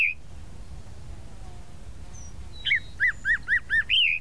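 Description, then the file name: Tropical mockingbird song: after a brief high whistle and a quiet pause, a run of several downslurred whistled notes ends in a longer final note. "Canto-do-Sabiá-da-Praia"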